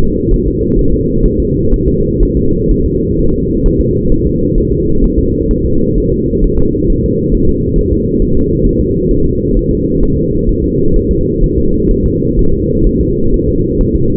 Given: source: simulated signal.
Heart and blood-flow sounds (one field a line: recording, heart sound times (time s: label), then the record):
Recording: fetal heart sounds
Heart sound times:
0.04 s: S2
0.34 s: S1
0.48 s: S2
0.79 s: S1
0.94 s: S2
1.25 s: S1
1.40 s: S2
1.74 s: S1
1.88 s: S2
2.23 s: S1
2.37 s: S2
2.71 s: S1
2.86 s: S2
3.19 s: S1
3.34 s: S2
3.66 s: S1
3.81 s: S2
4.12 s: S1
4.27 s: S2
4.58 s: S1
4.72 s: S2
5.04 s: S1
5.19 s: S2
5.51 s: S1
5.65 s: S2
5.98 s: S1
6.12 s: S2
6.44 s: S1
6.59 s: S2
6.90 s: S1
7.05 s: S2
7.34 s: S1
7.49 s: S2
7.78 s: S1
7.93 s: S2
8.22 s: S1
8.37 s: S2
8.67 s: S1
8.81 s: S2
9.11 s: S1
9.26 s: S2
9.57 s: S1
9.71 s: S2
10.03 s: S1
10.17 s: S2
10.49 s: S1
10.64 s: S2
10.96 s: S1
11.11 s: S2
11.44 s: S1
11.58 s: S2
11.91 s: S1
12.06 s: S2
12.39 s: S1
12.54 s: S2
12.87 s: S1
13.01 s: S2
13.34 s: S1
13.49 s: S2
13.81 s: S1
13.96 s: S2
From the record:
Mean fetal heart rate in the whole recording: 130 bpm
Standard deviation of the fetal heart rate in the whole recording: 4 bpm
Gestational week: 38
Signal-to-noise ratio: -16.4 dB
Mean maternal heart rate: 72 bpm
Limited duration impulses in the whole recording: present